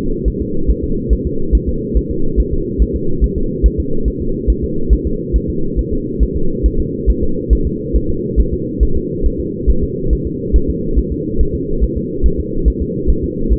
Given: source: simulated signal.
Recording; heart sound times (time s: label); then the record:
fetal heart sounds
0.28 s: S1
0.42 s: S2
0.70 s: S1
0.84 s: S2
1.13 s: S1
1.27 s: S2
1.55 s: S1
1.69 s: S2
1.97 s: S1
2.11 s: S2
2.40 s: S1
2.53 s: S2
2.82 s: S1
2.96 s: S2
3.24 s: S1
3.38 s: S2
3.66 s: S1
3.80 s: S2
4.08 s: S1
4.22 s: S2
4.50 s: S1
4.64 s: S2
4.93 s: S1
5.07 s: S2
5.36 s: S1
5.50 s: S2
5.79 s: S1
5.93 s: S2
6.23 s: S1
6.36 s: S2
6.66 s: S1
6.80 s: S2
7.10 s: S1
7.23 s: S2
7.53 s: S1
7.67 s: S2
7.96 s: S1
8.10 s: S2
8.40 s: S1
8.53 s: S2
8.83 s: S1
8.97 s: S2
9.26 s: S1
9.40 s: S2
9.70 s: S1
9.83 s: S2
10.13 s: S1
10.27 s: S2
10.56 s: S1
10.70 s: S2
10.99 s: S1
11.12 s: S2
11.41 s: S1
11.55 s: S2
11.84 s: S1
11.97 s: S2
12.26 s: S1
12.40 s: S2
12.68 s: S1
12.82 s: S2
13.10 s: S1
13.24 s: S2
13.53 s: S1
From the record:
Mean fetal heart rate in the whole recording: 140 bpm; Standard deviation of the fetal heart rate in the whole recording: 2 bpm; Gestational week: 34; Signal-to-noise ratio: -8.1 dB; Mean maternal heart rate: 72 bpm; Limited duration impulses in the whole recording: absent